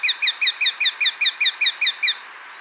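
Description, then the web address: Plain-breasted hawk in a rapid chattering series of eleven sharp, downslurred notes, about five per second, ending abruptly. Recorded in Ecuador. "Birds of Ecuador. Plain-breasted Hawk"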